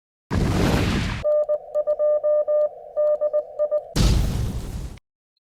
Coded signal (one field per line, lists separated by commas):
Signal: Morse code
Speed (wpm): 19 wpm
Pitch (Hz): 600 Hz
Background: none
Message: N2DI